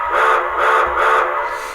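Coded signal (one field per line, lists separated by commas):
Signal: whistle signal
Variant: steam locomotive whistle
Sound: three short, breathy steam-whistle toots in quick succession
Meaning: Three short blasts: the train is about to back up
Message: 3 short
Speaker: now that tells everybody we're about to move in Reverse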